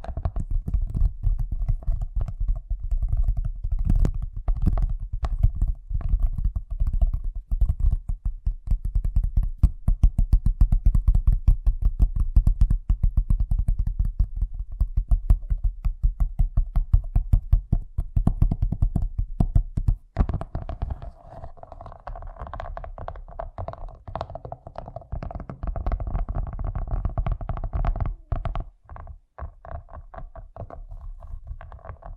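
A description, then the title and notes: Fast tapping, a dense, rapid stream of sharp clicks running without pause for the first twenty seconds, with a low thudding undertone. After that the taps thin out and grow quieter, leaving a softer steady murmur with scattered clicks until the end. ASMR Braingasm Inducing Fast Tapping (No Talking).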